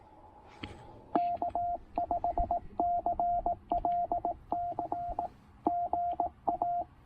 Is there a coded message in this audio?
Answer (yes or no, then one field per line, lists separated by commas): yes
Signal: Morse code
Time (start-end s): 1.1-6.8 s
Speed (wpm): 18 wpm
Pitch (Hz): 690 Hz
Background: radio noise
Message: K5CLC GA